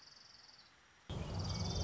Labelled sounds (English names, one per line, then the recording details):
Orange-crowned Warbler
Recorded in Sonoma County, California